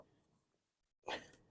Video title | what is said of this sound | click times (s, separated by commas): Tesla Model 3/Y Grill Mesh Insert Cover by KUNIST Installation & Review | press up and press it into place and it'll snap right in place and | 1.1 s